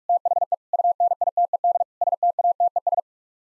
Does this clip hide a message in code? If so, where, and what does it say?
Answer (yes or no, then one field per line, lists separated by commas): yes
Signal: Morse code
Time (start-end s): 0.1-3.0 s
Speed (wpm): 44 wpm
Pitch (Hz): 700 Hz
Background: none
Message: THE UNITED STATES